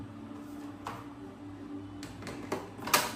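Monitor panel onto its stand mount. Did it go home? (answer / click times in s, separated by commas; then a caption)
yes / 2.9 s. A DELL monitor panel is fitted onto its stand mount, with a steady low hum and a few soft knocks near 0.9, 2.0, 2.3 and 2.5 seconds. A sharp, loud click at 2.9 seconds marks the panel locking onto the stand, and it is seated.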